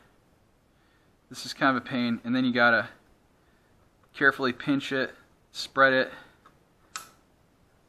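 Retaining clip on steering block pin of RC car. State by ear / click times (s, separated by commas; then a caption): seated / 7.0 s. Someone talks while a small metal retaining clip is pinched, spread and pushed onto the pin of a Team Redcat BE6S aluminium steering block on an RC car. A single sharp tick-like click at 7.0 s marks the clip popping onto the pin, and it is seated.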